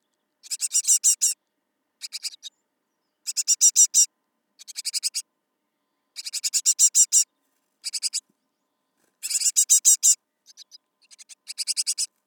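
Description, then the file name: Great tit giving rasping, churring note series in bursts of several harsh notes separated by brief pauses, with some softer fragments near the end. "Parus major"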